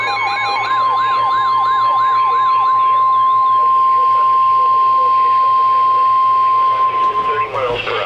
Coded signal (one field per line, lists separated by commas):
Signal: Emergency Alert System (SAME) tones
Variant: 1050 Hz attention tone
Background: speech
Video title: Severe Thunderstorm Warning (EAS #909) 7/18/15